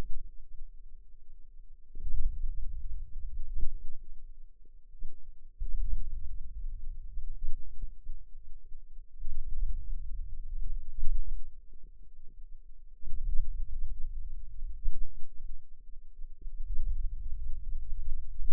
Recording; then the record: forearm muscle sounds (acoustic myography)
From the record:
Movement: hand opening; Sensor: system 2, bracelet of six BSWA MPA416 microphones around the upper forearm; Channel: 1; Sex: female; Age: 21 years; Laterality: right